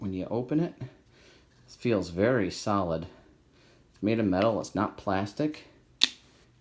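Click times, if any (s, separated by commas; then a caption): 6.0 s. Someone talks, then a metal kickstand on a Jabra Speak 710 speakerphone is folded back into the speakerphone body and closes with a sharp snap at 6.0 s. The kickstand seats firmly and the snap rings out briefly afterward.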